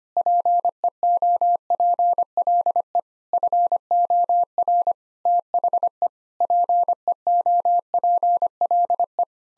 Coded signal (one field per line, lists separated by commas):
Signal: Morse code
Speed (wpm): 25 wpm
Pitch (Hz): 700 Hz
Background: none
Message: PEOPLE FOR THE PEOPLE